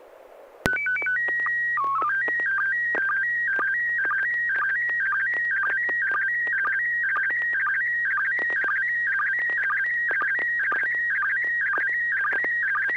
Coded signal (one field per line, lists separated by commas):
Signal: SSTV (slow-scan television)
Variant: PD 120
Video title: N6NA SSTV Net - 04/07/2021